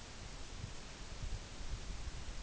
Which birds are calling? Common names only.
none